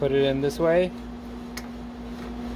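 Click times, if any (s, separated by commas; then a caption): 1.6 s. A metal lid lock cover plate with three prongs is fitted back over the lid lock in the top panel of a GE top-load washer that will not start, with the small prong set away from the black lock tab. Someone talks briefly over a steady low hum, and then a short, sharp snap at 1.6 s marks the plate seating into place.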